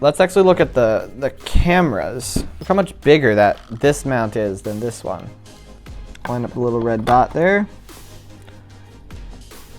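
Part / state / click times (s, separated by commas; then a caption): lens into camera body lens mount / not seated / none. Someone talks over music while handling a camera lens at a camera body's lens mount, lining up a red dot before twisting the lens on. A few short soft taps and handling sounds follow, but nothing has seated or clicked yet.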